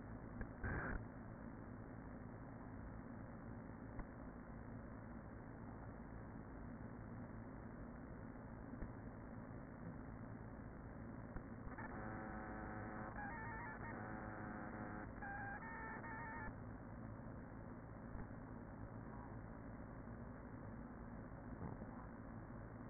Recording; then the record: honeybee colony, microphone inside the hive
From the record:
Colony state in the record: queen present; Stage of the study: after two queens were removed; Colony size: about 40,000 bees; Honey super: no